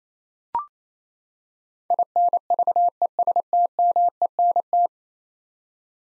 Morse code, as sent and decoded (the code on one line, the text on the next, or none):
.. -. ...- . ... - -- . -. -
INVESTMENT